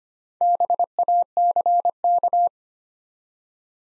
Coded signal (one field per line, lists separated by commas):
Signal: Morse code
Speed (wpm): 25 wpm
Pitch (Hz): 700 Hz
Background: none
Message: BACK